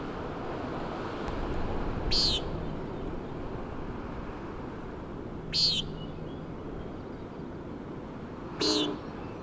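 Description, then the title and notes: Common nighthawk repeating a nasal, buzzy peent three times, roughly every three seconds, against continuous wind and ocean rumble. "Common Nighthawk "peenting" and "wing booms" 3:58am on top of Schoodic Head (Schoodic Div., Acadia National Park)"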